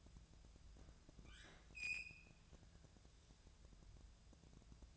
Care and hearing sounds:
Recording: daily activity, microphone in the room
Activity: open fridge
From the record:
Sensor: 2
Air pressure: 999.9 hPa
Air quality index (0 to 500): 124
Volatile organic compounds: 2 ppm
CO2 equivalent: 1061 ppm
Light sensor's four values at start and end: 31/78/33/37 and 31/77/33/36

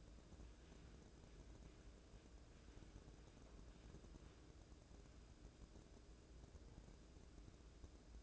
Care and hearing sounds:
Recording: daily activity, microphone in the room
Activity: wipe stove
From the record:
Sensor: 2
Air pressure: 1012.2 hPa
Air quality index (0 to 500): 156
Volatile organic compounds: 2 ppm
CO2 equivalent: 1139 ppm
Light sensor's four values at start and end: 434/1093/425/444 and 433/1088/423/442

